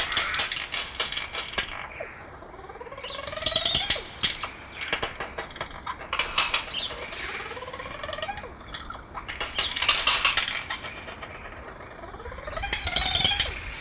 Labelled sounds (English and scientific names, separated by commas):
Crested Oropendola (Psarocolius decumanus) call